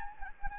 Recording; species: mosquito wingbeat signal from an infrared sensor; Anopheles gambiae